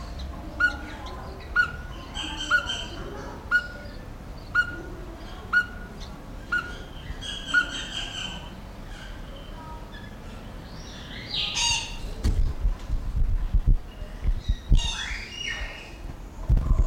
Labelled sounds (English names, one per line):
Speckled Tinkerbird call